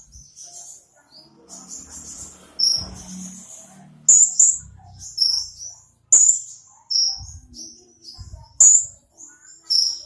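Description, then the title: Small bird chirps: a soft start, then loud high notes at irregular intervals. "Burung Kecil"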